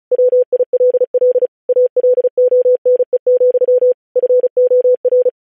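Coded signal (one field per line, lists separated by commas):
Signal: Morse code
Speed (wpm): 36 wpm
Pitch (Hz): 500 Hz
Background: none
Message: WILL ALONE, FOR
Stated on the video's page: Software-generated Morse at 35 WPM with standard spacing.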